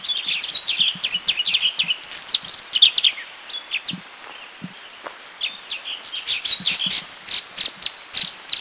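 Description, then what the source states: Orange-bellied leafbird calling in quick, uneven series of sharp high chirps and brief whistles, with a few softer low sounds in the background. Recorded in Thailand.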